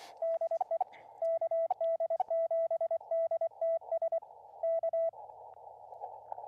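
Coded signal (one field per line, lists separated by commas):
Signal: Morse code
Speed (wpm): 24 wpm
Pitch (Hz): 660 Hz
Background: radio noise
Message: DE KD7DTS K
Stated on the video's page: Live CW Parks on the Air operation from a mountain camp at 10,400 feet.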